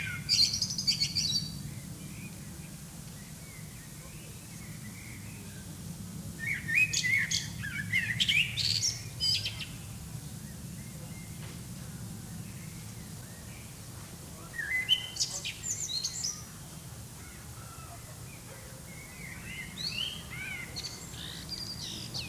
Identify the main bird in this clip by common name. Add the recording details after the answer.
Common Blackbird. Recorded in the wild. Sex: male. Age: adult. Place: Lübars, Benekendorffstraße, Berlin, DE. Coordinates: 52.6167, 13.3469. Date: 2003-07-19 21:08. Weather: fair, 24°C. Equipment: Fair Mate ST-1328 (Asahi Electronics, Japan), Sennheiser ME 80, Kopie Uher 4000 Report Monitor. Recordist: Tembrock, Günter. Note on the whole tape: Gesang (drei Strecken jeweils zusammenhängend): 20.45 Uhr, 21.08 Uhr und anschließend Aufnahme vom 28.07.2003, 19.59 Uhr: Gesang (lange Pausen geschnitten)